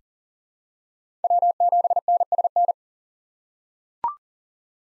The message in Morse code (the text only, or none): W7NSN